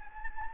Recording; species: mosquito wingbeat signal from an infrared sensor; Anopheles gambiae